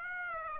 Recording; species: mosquito wingbeat signal from an infrared sensor; Aedes aegypti